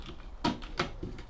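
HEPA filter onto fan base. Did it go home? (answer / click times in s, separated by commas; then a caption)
no / none. A HEPA filter, the purple outer filter of a Dyson Pure Hot+Cool HP04 fan, is gently lined up on the fan base, with soft handling knocks at about 0.5, 0.6 and 0.8 seconds. The filter has not gone home yet; nothing has seated or clicked.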